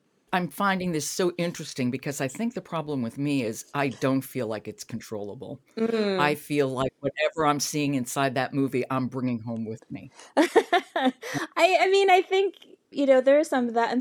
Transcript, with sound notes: I'm finding this so interesting, because I think the problem with me is I don't feel like it's controllable. I feel like whatever I'm seeing inside that movie, I'm bringing home with me.
[laughs] I mean, I think there is some of that.